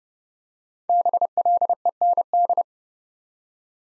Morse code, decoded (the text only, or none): BLEND